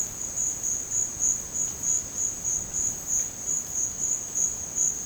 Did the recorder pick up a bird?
no